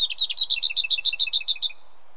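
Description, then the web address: Leaf warbler song: a rapid, evenly spaced series of about twelve doubled high notes, each dipping from higher to lower pitch, ending abruptly. "mushikuimushikuimirumushikui"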